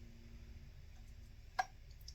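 A mounting screw for a light is turned counterclockwise in its hole in an FSM5 front sight mount for an MP5. At 1.6 s a single sharp click is heard as the thread drops into line, followed by a few faint ticks. The threads are lined up and the screw is ready to be started clockwise.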